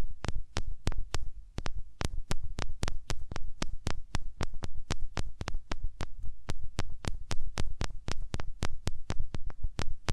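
Hands rub over the ears in quick, fairly regular sharp scrapes, several per second, each with a deep muffled thump beneath a bright crackle.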